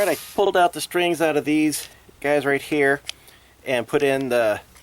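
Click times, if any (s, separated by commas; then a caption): none. Plastic cutting paddles are being fitted into a string-trimmer head after the string was pulled out, while someone talks through most of the clip. Brief handling noises sit between the bursts of speech, but nothing has seated or clicked yet.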